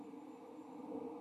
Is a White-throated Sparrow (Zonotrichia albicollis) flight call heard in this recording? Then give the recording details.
no. No flight call is heard. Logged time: 04:29 on 29 November 2014